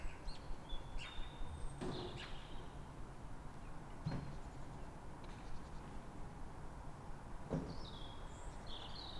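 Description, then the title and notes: Bird: high whistled notes and chirps from birds come through steady traffic noise. Calm morning in Fresnes, Ile de France, France, 3 May; background noise of the ring road. "Matin calme avec oiseaux. Fresnes, Ile de France. Mathias Arrignon"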